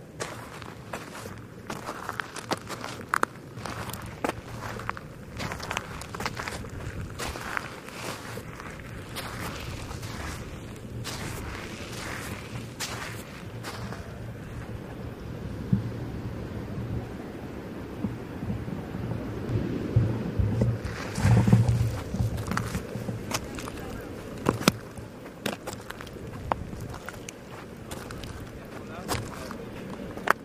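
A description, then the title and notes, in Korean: Footsteps crunch and shuffle through sand on a beach, with soft gritty scrapes arriving in an irregular stream throughout. A low steady rumble sits underneath, and the steps grow a bit louder and busier around the twenty-second mark. 사각사각 스르륵스르륵 모래를 밟는 해변가.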